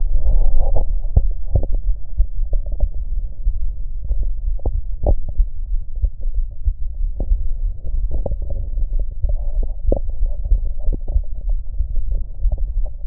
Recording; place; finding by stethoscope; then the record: heart sounds by stethoscope; pulmonary valve (PV); normal heart sounds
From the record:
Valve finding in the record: normal valve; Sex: male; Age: 48 years